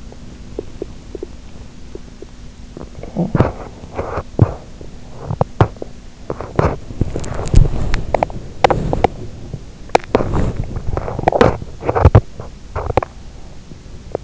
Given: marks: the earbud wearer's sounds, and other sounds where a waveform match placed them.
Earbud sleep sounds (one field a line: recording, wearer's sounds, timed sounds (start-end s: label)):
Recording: sounds in sleep by an in-ear microphone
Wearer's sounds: teeth grinding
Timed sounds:
0.00-2.48 s: teeth grinding
2.82-14.24 s: teeth grinding